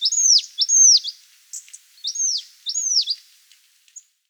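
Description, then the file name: Marsh tit calls: four sharp high notes, each sweeping down steeply, given in two pairs, with a few fainter notes between and after. "Poecile palustris"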